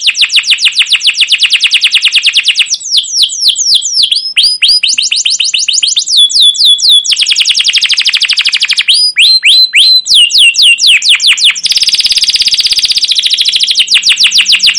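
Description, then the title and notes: Canary pouring out fast high trills and swooping chirps, phrases changing every few seconds, with a harsher buzzy rattle near the end. Canary song with emotional "cuit cuit" chirps, used as a lure to stimulate other canaries and as a master tutor for young canaries learning sounds. "CUIT CUIT NGEROL LANGSUNG GACOR PANJANG Kenari Ini AMPUH Utk Pancingan KENAR. PANCINGAN Kenari GACOR PANJANG Cuit CUIT EMOSI ini AMPUH utk MASTERAN Kenari PAUD belajar BUNYI. burung kenari"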